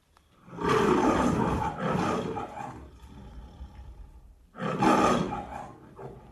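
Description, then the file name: Lion roaring: a long, raspy, rumbling roar lasting over a second, a quieter second growl, a lull, then another powerful roar near the end. "ruggito leone"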